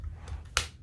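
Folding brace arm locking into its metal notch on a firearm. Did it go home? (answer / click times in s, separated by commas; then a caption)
yes / 0.6 s. A folding brace arm on a firearm snaps back into place, locking into its metal notch. A single loud, sharp metallic clack lands at 0.6 s over a low background rumble, and the brace is seated.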